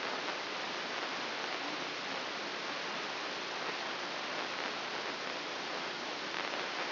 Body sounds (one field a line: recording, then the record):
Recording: brain microelectrode recording played as sound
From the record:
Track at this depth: inside the subthalamic nucleus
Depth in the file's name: 5.506 mm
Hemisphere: left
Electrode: 3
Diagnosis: Parkinson's disease